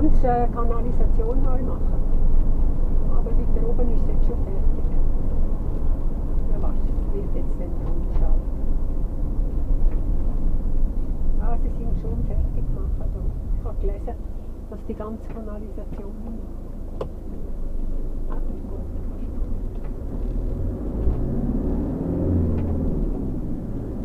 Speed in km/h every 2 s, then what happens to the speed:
53, 51, 50, 44, 37, 25, 0, 0, 0, 0, 0, 16.
0-12 brakes to 0. 12-21 standing. 21-24 pulls away to 16.